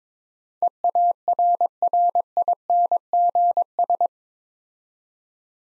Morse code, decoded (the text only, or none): EARRINGS